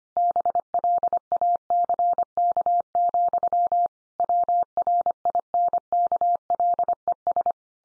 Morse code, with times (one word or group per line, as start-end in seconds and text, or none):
0.2-3.9 BLACK,
4.2-7.5 WRINKLES